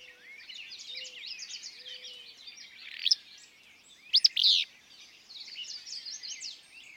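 Willow flycatcher, two quick buzzy explosive phrases about a second apart, set against a constant chorus of high chirps and warbles.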